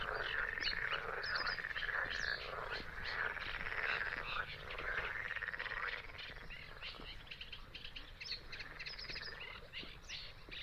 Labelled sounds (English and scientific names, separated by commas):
Great Bittern (Botaurus stellaris)